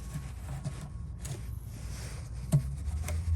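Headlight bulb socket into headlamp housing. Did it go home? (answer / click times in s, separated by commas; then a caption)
no / none. A headlight bulb socket on a 1992-2005 Cadillac Deville is handled again while it is twisted into the plastic headlamp housing during a repeated insertion. Low rustling handling noise is broken by brief sharp ticks at about 1.3, 2.5 and 3.1 seconds. The socket has not locked home yet, and nothing has seated or clicked.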